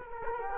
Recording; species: mosquito wingbeat signal from an infrared sensor; Culex quinquefasciatus